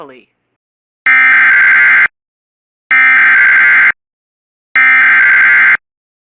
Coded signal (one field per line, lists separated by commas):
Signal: Emergency Alert System (SAME) tones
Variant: header bursts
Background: speech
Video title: SVR for Lauderdale and Colbert, AL (EAS 175)